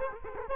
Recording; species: mosquito wingbeat signal from an infrared sensor; Culex quinquefasciatus